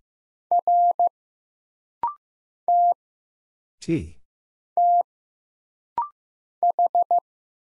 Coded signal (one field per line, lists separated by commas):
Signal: Morse code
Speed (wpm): 15 wpm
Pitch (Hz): 700 Hz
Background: none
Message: R T T H